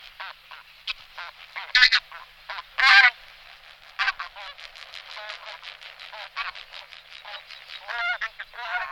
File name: husa-polní